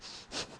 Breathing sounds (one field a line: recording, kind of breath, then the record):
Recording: one breath in and out by a microphone near the nose and mouth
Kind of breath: strong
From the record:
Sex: male